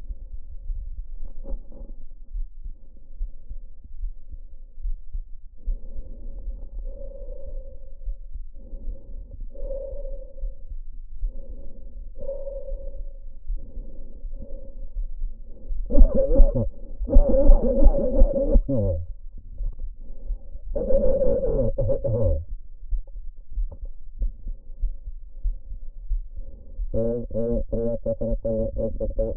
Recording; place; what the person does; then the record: lung sounds by stethoscope; trachea; quiet breathing, then cough and speech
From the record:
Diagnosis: none (healthy); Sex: male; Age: 45 years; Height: 173 cm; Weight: 92 kg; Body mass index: 30.7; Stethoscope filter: diaphragm mode